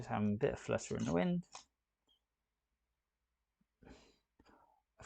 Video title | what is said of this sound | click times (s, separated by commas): Live Stop Motion Build - Lego Lion Knights Castle 2022 10305 Bag 13 | of course I didn't click though these two sides are not in the same | none